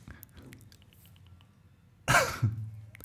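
A quiet stretch of faint low murmur, then one abrupt, dry, deliberate cough bursts out loudly to mark a bad joke, a short harsh hack with a brief second catch right after.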